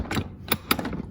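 An Eddie Bauer infant car seat carrier is pushed down into its base in a Toyota car until the latch engages. A mechanical rattle leads to a sharp click at 0.7 s, followed by a few softer ticks. The latch seats, and the click shows the seat is safely locked in.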